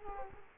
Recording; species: mosquito wingbeat signal from an infrared sensor; Culex quinquefasciatus